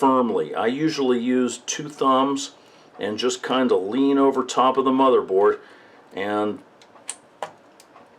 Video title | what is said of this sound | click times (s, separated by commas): Computer build MB, mem, nvme, SDD | push it in until you hear it click okay there it goes | 7.1 s, 7.4 s